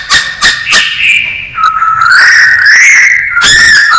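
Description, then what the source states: Masked laughingthrush song: a few sharp clicks followed by a long wavering whistle that rises slowly, ending with a harsh burst. Singing vigorously (gacor).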